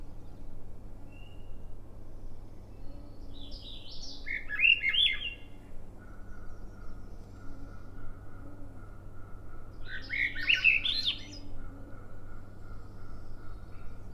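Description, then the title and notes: Swainson's thrush: two short, bright, tumbling phrases about six seconds apart, with a thin steady whistled tone in the background and constant low hum. Morning, 15 June 2017, trail to Ocean Bench off Sun Dew Trail, Schoodic Division, Acadia National Park; mostly cloudy, 54 degrees, calm seas; Fostex FR2 with shotgun mic; another Swainson's Thrush gives peeper-like "wee" call behind. "Swainson's Thrush (Spring Peeper-like sound in background -- "wee" call as defined by N. Pieplow-- is the call of another Swainson's Thrush) on trail to "Ocean Bench" off Sun Dew Trail, Schoodic Division, Acadia National Park. Recorded with Fostex FR2, Sennhesier ME 64 short shotgun mic. Mostly cloudy, 54 degrees calm seas"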